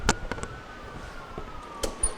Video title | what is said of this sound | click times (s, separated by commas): Kenmore Refrigerator Repair - Fresh Food Section Is Not Cooling - Defrost Timer | Once you hear it snapping, you know the | 0.1 s, 2.0 s